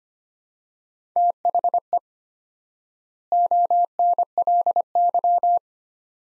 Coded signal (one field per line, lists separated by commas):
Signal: Morse code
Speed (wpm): 25 wpm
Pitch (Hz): 700 Hz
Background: none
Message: THE ONLY